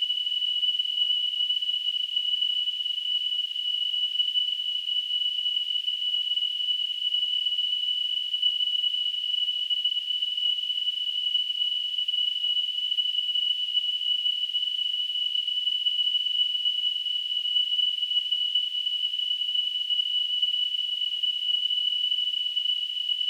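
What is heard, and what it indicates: A continuous, unchanging high-pitched tone near 3 kHz with a faint surrounding hiss, a synthesized simulation of tinnitus.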